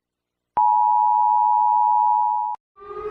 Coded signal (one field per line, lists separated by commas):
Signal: Emergency Alert System (SAME) tones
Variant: 853 and 960 Hz attention tone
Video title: Ranking EAS alarms from around the world don't forget to like and subscribe enjoy the video